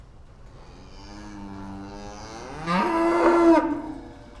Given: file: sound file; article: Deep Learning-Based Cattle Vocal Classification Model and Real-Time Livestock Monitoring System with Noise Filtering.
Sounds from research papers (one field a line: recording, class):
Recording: cattle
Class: food anticipating call